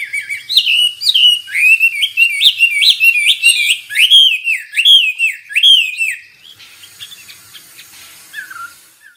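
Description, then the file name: Hwamei singing a loud, varied string of slurred whistles that rise and fall in quick phrases, then fading into quiet with one soft falling note. Described as an exceptional hwamei in full, energetic song (gacor). "Burung Hwamei Wambi wambie"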